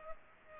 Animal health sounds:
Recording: mosquito wingbeat signal from an infrared sensor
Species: Culex pipiens

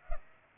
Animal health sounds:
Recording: mosquito wingbeat signal from an infrared sensor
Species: Culex pipiens

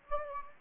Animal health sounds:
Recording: mosquito wingbeat signal from an infrared sensor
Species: Anopheles gambiae

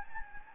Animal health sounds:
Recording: mosquito wingbeat signal from an infrared sensor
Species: Anopheles gambiae

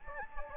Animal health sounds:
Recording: mosquito wingbeat signal from an infrared sensor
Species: Anopheles gambiae

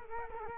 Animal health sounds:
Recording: mosquito wingbeat signal from an infrared sensor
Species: Culex quinquefasciatus

